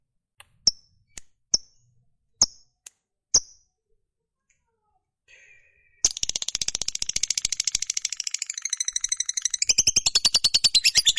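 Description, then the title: Lovebird giving a few sharp isolated chirps, then bursting into a loud, fast, continuous buzzy chatter. Fighter lovebird giving a long chatter (ngekek panjang). "Suara Lovebird FIGHTER NGEKEK PANJANG"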